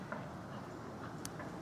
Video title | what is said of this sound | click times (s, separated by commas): Hi Rev Sports V3 Tail Lights Install (10th Gen Honda Civic Sedan) | Boom. Yeah, just like that. Heard the snap. See? So it's now back in place. | 1.2 s